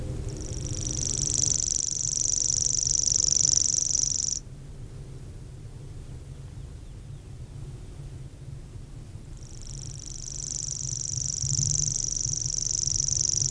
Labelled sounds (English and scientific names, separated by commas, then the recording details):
Common Grasshopper Warbler (Locustella naevia) song
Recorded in the wild
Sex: male
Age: adult
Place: Feldberg - Koldenhof, Mecklenburgische Seenplatte, Mecklenburg, DE
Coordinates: 53.3294, 13.3136
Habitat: mixed forest, clearing
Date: 1976-07-02 19:53
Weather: 18°C, no wind
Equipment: Uher CR 210, Sennheiser MD 421 HL, Verstärker, Reflektor, Kopie Uher 4200
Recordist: Tembrock, Günter